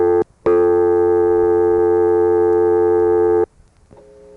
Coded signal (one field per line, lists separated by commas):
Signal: telephone call progress tone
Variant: North America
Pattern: dial tone